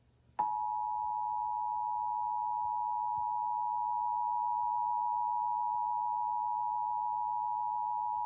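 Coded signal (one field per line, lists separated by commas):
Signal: Emergency Alert System (SAME) tones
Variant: 853 and 960 Hz attention tone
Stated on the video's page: Television-received child abduction emergency alert tones.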